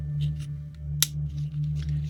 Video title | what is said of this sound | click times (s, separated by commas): 1979 McDonald's STAR TREK MEAL United Federation of Planets Box with Game and Video Communicator | and it just clicks into place and you turn the handle or the crank | 1.0 s